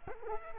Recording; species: mosquito wingbeat signal from an infrared sensor; Culex quinquefasciatus